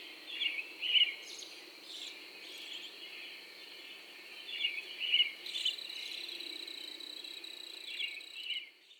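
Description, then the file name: Cricket giving a continuous high trill that stops near the end, with scattered bird chirps. Single lone cricket calling in the early morning, April 2012. "Early AMBirds Lone Cricket Version TWOApril 2012"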